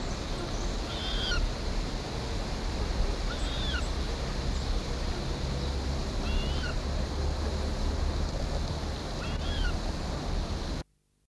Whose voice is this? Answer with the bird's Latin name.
Porphyrio porphyrio